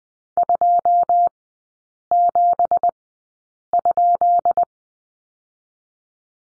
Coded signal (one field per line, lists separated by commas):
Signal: Morse code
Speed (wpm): 20 wpm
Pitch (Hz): 700 Hz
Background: none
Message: 27?